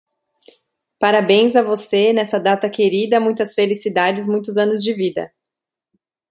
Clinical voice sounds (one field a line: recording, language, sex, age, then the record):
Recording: short text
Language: Brazilian Portuguese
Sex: female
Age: 30 to 39 years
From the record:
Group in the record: control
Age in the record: 33 years